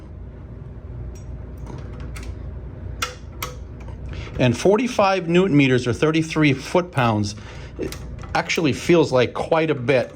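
A torque wrench set to 45 Nm (33 ft-lb) tightens the greased front brake caliper bolts on the fork of a Ducati Multistrada V4 Pikes Peak, alternating between the bolts. After a few faint ticks, two sharp clicks sound at 3.0 s and 3.4 s as the wrench reaches its setting. Someone then talks.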